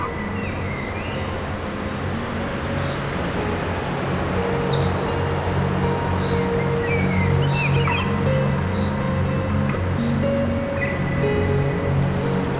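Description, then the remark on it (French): A mountain torrent in a mixed forest in the Couserans rumbles dully and without pause, a dense low roar that holds steady throughout, with a few faint, high bird chirps flickering above it. “Le bruit sourd du torrent.”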